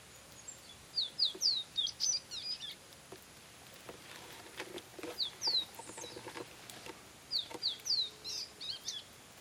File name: Copper seedeater